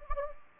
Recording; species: mosquito wingbeat signal from an infrared sensor; Anopheles gambiae